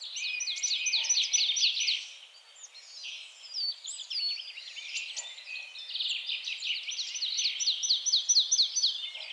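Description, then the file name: Marsh tit chattering: dense bursts of rapid, high, downslurred notes in several runs, nearly continuous throughout. "Poecile palustris"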